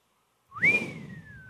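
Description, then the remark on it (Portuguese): A single astonished whistle sweeps sharply upward, then glides slowly down in pitch as it trails off, clear and fairly loud over a low breathy rumble, after a brief silence. “Aquele assobio do espanto.”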